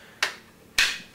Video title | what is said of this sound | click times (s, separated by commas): Shoei RF-1000 Helmet Review from SportbikeTrackGear.com | that's it audible click goes right into place | 0.2 s, 0.8 s